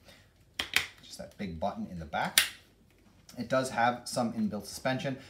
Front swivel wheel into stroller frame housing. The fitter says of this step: I've always liked the way that the front wheels lock into place just that